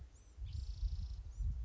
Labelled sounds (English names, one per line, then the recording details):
Spotted Towhee
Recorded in Sonoma County, California